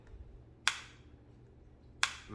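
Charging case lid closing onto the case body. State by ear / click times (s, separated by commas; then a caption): seated / 0.7 s, 2.0 s. The magnetic lid of a plastic Liberty Air 2 earbud charging case is snapped shut onto the case body twice, giving sharp, bright snaps at 0.7 s and 2.0 s over a quiet, low hum. Both closures seat firmly with a satisfying snap.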